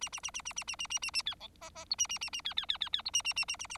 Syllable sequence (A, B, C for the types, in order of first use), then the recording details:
A A A A A A A A A A A B C D D E A A A A B B B B B E A A A A A A. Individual Bird4